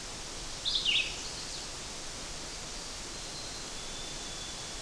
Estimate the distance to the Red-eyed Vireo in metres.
about 15 m